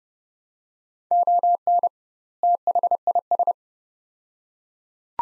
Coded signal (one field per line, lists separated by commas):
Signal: Morse code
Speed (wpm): 30 wpm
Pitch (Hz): 700 Hz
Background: none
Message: ON THIS